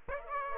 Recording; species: mosquito wingbeat signal from an infrared sensor; Aedes aegypti